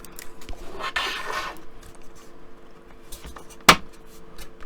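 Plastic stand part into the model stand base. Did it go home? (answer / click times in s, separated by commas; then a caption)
yes / 3.7 s. A plastic part of a Titanic model ship's display stand is pressed into its seat in the stand base. Faint small ticks and a brief rubbing noise around 1.0 s are followed by a single sharp, loud snap at 3.7 s as the part snaps into place.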